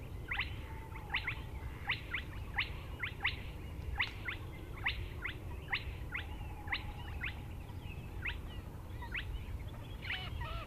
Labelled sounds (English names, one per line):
Spotted Crake